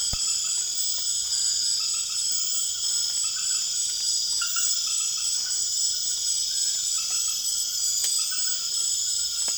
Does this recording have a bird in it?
no